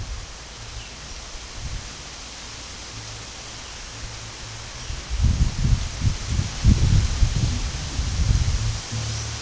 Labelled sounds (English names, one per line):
none